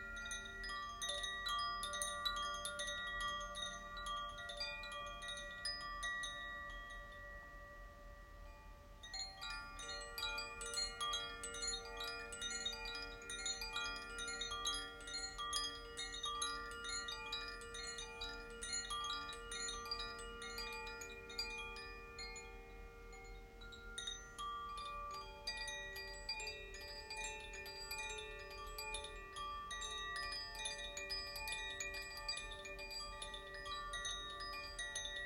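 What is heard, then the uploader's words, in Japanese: Two wind chimes, one tuned to water and one to fire, ring together in a continuous shimmer of overlapping tones. Bright strikes come densely and irregularly, with sustained notes blooming underneath. Around nine seconds the ringing thins briefly before swelling again, with a faint low rumble throughout. 立春にチャイムを奏でました。水と火のエレメントのコシチャイムとザフィアチャイムを奏でています。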